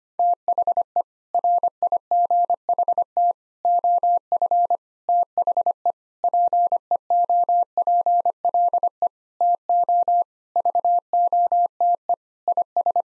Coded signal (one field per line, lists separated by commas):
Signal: Morse code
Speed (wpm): 25 wpm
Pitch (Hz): 700 Hz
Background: none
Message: THE RIGHT OF THE PEOPLE TO VOTE IS